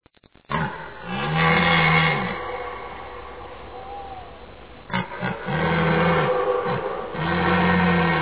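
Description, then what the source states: Red deer giving deep, drawn-out roaring bellows in several bouts, each a rough, moaning groan that rises and falls. Rutting bellow of a red deer.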